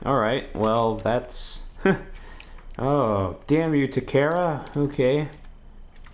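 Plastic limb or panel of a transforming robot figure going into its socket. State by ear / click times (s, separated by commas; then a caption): not seated / none. A plastic limb or panel of a transforming Wingblade Optimus Prime robot figure, a part that has been giving trouble during transformation, is handled as it is worked back toward its socket. Someone talks over faint plastic handling and tapping sounds. The clip ends before the part goes home, so nothing has seated or clicked yet.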